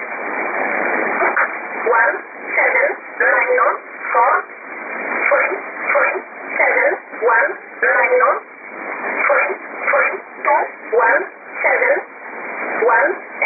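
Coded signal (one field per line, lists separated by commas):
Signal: numbers station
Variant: E11 Oblique, English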